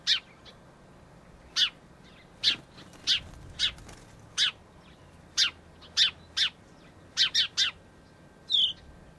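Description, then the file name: House sparrow chirps: short, sharp cheeps given singly or in quick pairs and triplets, scattered irregularly throughout over a quiet background. "Passer domesticus"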